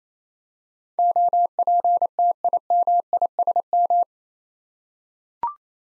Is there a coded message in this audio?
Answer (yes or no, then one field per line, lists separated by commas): yes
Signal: Morse code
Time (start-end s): 1.0-4.0 s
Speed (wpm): 28 wpm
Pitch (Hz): 700 Hz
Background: none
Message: OPTIMISM